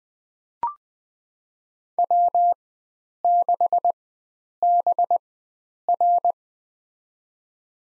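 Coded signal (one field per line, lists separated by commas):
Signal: Morse code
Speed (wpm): 20 wpm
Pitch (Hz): 700 Hz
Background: none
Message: W6BR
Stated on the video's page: Farnsworth-timed head-copy drill of US four-character call signs at 20 wpm, with 4x character spacing.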